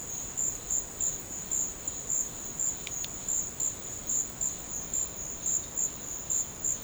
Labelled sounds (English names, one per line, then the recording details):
none
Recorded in dense forest near Puerto Asís, Putumayo, Colombia, on 12 March 2025 at 14:30
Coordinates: 0.500, -76.322
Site GP06